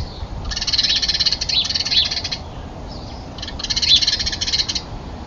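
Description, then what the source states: Common nightingale song: two loud, rapid rattling phrases with sharp chattering notes, separated by a short pause, over faint low background noise. Several nightingales recorded while fighting.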